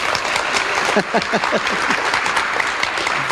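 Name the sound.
audience applause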